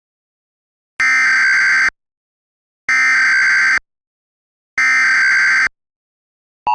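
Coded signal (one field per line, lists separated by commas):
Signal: Emergency Alert System (SAME) tones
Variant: header bursts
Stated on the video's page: Fictional cyberattack EAS scenario in analog-horror style, using valid EAS tones.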